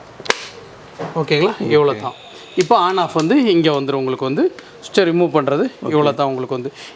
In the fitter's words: பண்ணிட்டு லாக் பண்ணிங்கன்னா லாக் ஆகிடும். ஓகேங்களா,